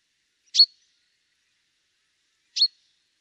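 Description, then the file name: Common chaffinch with two short, sharp high call notes about two seconds apart, nothing else audible. "Fringilla coelebs"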